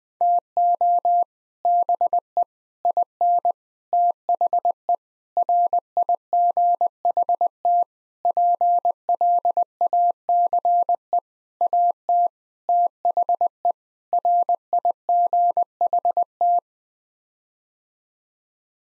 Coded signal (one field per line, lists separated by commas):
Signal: Morse code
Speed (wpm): 21 wpm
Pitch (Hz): 700 Hz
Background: none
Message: TO BE IN THE RIGHT PLACE AT THE RIGHT